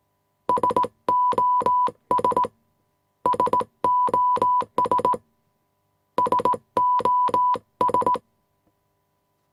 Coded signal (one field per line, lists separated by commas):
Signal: Morse code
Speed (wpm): 18 wpm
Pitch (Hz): 990 Hz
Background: none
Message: SOS SOS SOS